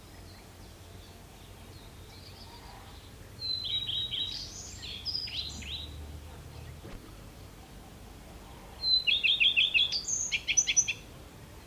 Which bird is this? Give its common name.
Common Redstart